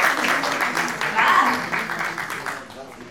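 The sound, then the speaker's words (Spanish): A crowd applauds steadily, a dense crackling wash of many hands clapping at once, fairly loud throughout before tapering off slightly at the very end. “aplausos.”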